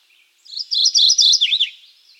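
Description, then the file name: Mourning Warbler singing a brisk series of repeated two-note chirps that drops into a lower, wavering slurred ending. "Geothlypis philadelphia - Mourning Warbler"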